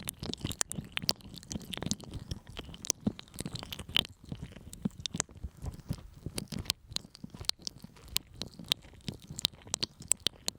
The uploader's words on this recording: ASMR Sticky Honey Ear Massage (No Talking).